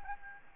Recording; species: mosquito wingbeat signal from an infrared sensor; Anopheles gambiae